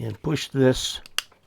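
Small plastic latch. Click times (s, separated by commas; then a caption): 1.2 s. Someone talks while pushing the small plastic release lever of the battery release latch on a Retevis RA89 dual band FM handheld radio to free the battery pack. A sharp click is heard at 1.2 s as the latch clicks open and releases the battery.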